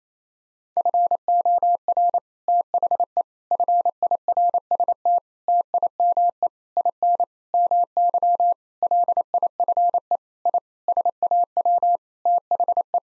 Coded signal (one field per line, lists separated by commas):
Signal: Morse code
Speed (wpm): 28 wpm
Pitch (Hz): 700 Hz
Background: none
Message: FOR THE FIRST TIME IN MY LIFE I SAW THE